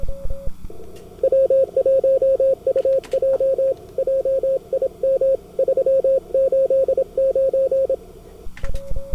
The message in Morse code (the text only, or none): W1UJ JIM 389